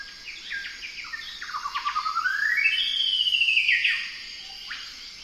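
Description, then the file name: Golden whistler sings a rapid, accelerating series of whistles that climbs into a sustained high note and finishes with a sharp falling whip. "golden whistler bird singing"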